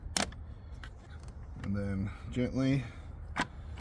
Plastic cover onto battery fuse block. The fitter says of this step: And we're going to put our fuse block cover back on. It snaps into place right over this plastic piece here.